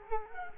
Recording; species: mosquito wingbeat signal from an infrared sensor; Culex quinquefasciatus